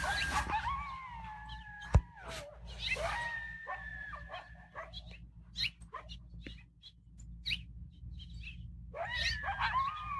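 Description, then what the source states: Coyotes howling in long wavering tones that slide and break, mixed with short yips and barks, over a low steady rumble of background noise. A pair of coyotes met while searching for a sit spot; about 20 to 30 minutes of encounter edited down to the sections with the most vocalizations.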